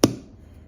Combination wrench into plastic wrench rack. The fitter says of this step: right there. Hear them snap in.